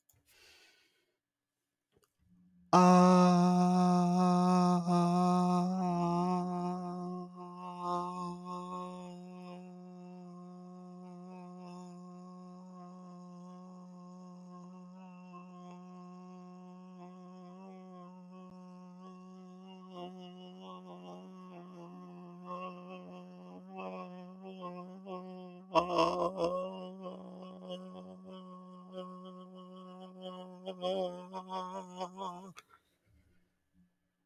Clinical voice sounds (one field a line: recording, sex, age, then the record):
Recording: vowel held as long as possible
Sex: male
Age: 30 to 39 years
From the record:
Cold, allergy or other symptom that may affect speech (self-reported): no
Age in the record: 31 years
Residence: Wisconsin, United States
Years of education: 15